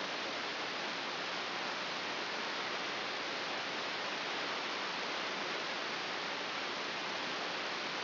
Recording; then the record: brain microelectrode recording played as sound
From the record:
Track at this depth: outside the subthalamic nucleus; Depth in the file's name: 4.223 mm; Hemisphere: left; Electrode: 3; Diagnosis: Parkinson's disease